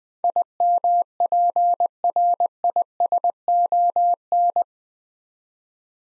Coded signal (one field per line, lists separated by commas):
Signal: Morse code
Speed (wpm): 20 wpm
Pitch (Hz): 700 Hz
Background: none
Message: IMPRISON